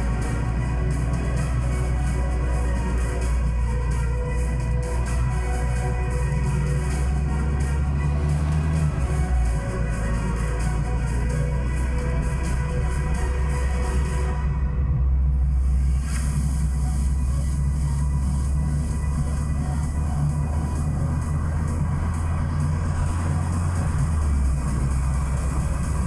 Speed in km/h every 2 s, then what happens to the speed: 27, 26, 27, 31, 35, 41, 43, 42, 44, 48, 54, 58, 62.
0-5 steady at about 27. 5-11 speeds up to 43. 11-16 steady at about 43. 16-26 speeds up to 62.